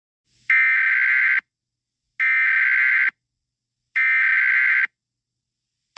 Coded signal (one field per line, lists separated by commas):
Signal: Emergency Alert System (SAME) tones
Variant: header bursts